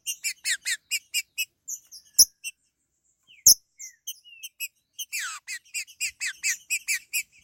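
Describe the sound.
Green-winged saltator song of quick note bursts, a near-silent pause with two sharp clicks, then a renewed fast chattering run.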